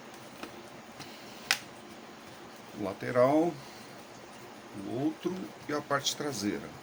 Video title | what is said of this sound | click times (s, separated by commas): Acer Aspire E15-E5-574-307M tipo N15Q1 - Remontagem completa do notebook com updates 😁👍 Vídeo 5 👈😄 | Pronto, vamos travando o painel frontal. | 0.4 s, 1.5 s